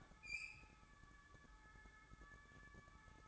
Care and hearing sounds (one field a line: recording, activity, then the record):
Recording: daily activity, microphone in the room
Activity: open fridge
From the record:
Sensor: 3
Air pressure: 1007.7 hPa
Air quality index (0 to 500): 56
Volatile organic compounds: 1 ppm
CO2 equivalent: 597 ppm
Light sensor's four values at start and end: 13/31/13/13 and 13/31/13/13